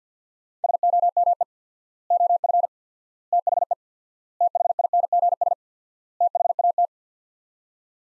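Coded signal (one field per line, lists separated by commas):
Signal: Morse code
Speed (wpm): 50 wpm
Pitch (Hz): 700 Hz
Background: none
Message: SOME OF THE THINGS THAT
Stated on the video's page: Morse practice sets of five words at 50 wpm with 4x word-spacing, a Farnsworth-like method for head-copying.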